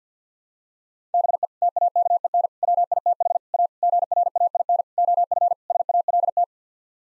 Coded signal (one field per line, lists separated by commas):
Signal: Morse code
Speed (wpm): 50 wpm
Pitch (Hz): 700 Hz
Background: none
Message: BE TAKEN WITH A GRAIN OF SALT